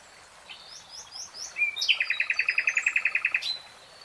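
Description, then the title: Nightingale song: soft rising notes, then a fast, even run of many loud clicking pulses lasting about a second and a half, ending with a brief high note. Singing; three-hour real-time recording. "[Tiếng chim hót] 3 Hours REALTIME Nightingale Singing"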